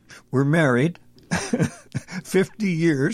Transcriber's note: laughs